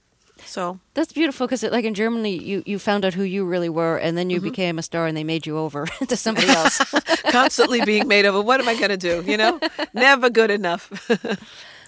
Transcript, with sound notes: So...
That's beautiful, because like in Germany, you found out who you really were, and then you became a star and made you over into somebody else.
(SOUNDBITE OF LAUGHTER)
Constantly being made over. What am I going to do, you know? Never good enough.